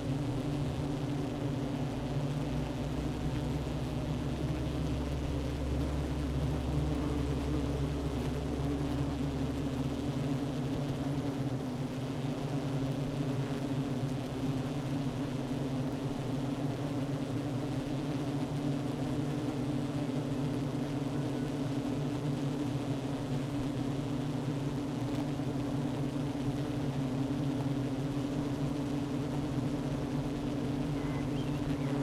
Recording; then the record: honeybee colony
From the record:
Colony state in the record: active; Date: 12 June 2018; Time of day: 11:07